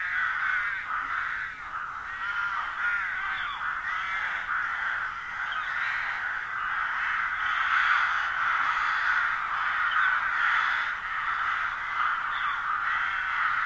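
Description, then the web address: Crowded flock of birds keeps up a constant, rasping chorus of overlapping caws with no pauses. "madarak enek"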